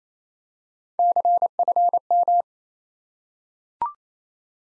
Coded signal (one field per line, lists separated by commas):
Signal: Morse code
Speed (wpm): 28 wpm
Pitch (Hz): 700 Hz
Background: none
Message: CFM